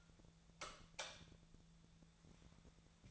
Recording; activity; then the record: daily activity, microphone in the room; light off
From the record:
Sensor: 3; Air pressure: 1000.0 hPa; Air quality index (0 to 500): 123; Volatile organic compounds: 2 ppm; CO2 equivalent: 1106 ppm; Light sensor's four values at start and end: 33/86/36/38 and 30/77/32/35